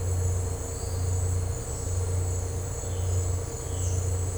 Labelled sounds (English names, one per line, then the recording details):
none
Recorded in dense forest near Puerto Asís, Putumayo, Colombia, on 13 March 2025 at 17:30
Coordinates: 0.468, -76.322
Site GP01